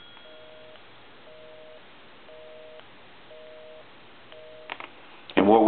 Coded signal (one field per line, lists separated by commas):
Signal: telephone call progress tone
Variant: North America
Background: speech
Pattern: busy tone